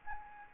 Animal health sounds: mosquito wingbeat signal from an infrared sensor; Anopheles gambiae

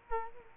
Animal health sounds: mosquito wingbeat signal from an infrared sensor; Culex quinquefasciatus

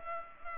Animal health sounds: mosquito wingbeat signal from an infrared sensor; Culex pipiens

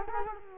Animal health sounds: mosquito wingbeat signal from an infrared sensor; Culex quinquefasciatus

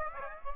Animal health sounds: mosquito wingbeat signal from an infrared sensor; Aedes aegypti

